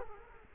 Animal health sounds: mosquito wingbeat signal from an infrared sensor; Culex quinquefasciatus

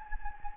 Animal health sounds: mosquito wingbeat signal from an infrared sensor; Anopheles gambiae

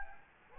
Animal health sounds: mosquito wingbeat signal from an infrared sensor; Anopheles gambiae

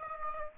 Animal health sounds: mosquito wingbeat signal from an infrared sensor; Aedes aegypti

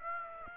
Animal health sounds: mosquito wingbeat signal from an infrared sensor; Aedes aegypti

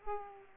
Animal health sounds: mosquito wingbeat signal from an infrared sensor; Aedes aegypti

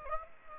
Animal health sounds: mosquito wingbeat signal from an infrared sensor; Aedes aegypti

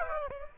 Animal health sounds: mosquito wingbeat signal from an infrared sensor; Aedes aegypti

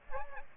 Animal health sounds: mosquito wingbeat signal from an infrared sensor; Aedes aegypti

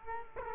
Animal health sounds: mosquito wingbeat signal from an infrared sensor; Culex quinquefasciatus

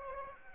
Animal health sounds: mosquito wingbeat signal from an infrared sensor; Anopheles arabiensis

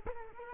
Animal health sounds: mosquito wingbeat signal from an infrared sensor; Culex quinquefasciatus

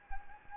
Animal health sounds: mosquito wingbeat signal from an infrared sensor; Anopheles gambiae

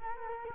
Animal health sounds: mosquito wingbeat signal from an infrared sensor; Culex quinquefasciatus

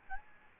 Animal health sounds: mosquito wingbeat signal from an infrared sensor; Aedes albopictus

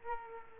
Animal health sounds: mosquito wingbeat signal from an infrared sensor; Culex quinquefasciatus

